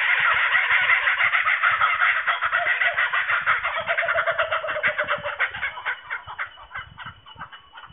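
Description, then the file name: Kookaburras in a loud laughing chorus, rapid harsh chuckles and cackles tumbling over each other, slowly fading toward the end. Several kookaburras recorded in Australia on 19 March 2009. "AUS 090319 Kookaburras"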